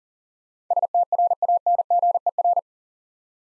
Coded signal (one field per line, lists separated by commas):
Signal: Morse code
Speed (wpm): 43 wpm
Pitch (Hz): 700 Hz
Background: none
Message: STRANGER